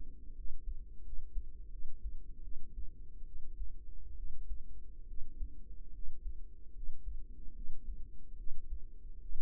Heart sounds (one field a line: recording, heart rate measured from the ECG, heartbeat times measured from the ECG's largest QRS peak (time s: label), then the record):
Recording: heart sounds by microphone in the right ear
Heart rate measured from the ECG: 75 bpm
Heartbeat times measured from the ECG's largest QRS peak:
0.35 s: heartbeat
1.04 s: heartbeat
1.71 s: heartbeat
2.43 s: heartbeat
3.25 s: heartbeat
4.16 s: heartbeat
5.07 s: heartbeat
5.93 s: heartbeat
6.74 s: heartbeat
7.54 s: heartbeat
8.37 s: heartbeat
9.20 s: heartbeat
From the record:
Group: healthy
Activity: rest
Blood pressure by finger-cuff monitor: 123/44 mmHg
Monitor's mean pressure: 71 mmHg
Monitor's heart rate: 73 bpm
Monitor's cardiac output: 10.6 L/min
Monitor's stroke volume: 151 mL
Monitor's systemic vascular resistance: 510 dyn s/cm5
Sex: female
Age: 32 years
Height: 168 cm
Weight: 61.9 kg